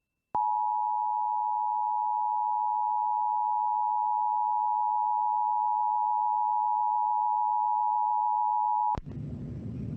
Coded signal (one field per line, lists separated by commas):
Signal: Emergency Alert System (SAME) tones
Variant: 853 and 960 Hz attention tone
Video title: Monthly and Weekly To End of 1st Half of the Year (EAS #11686-11700) 6/28/23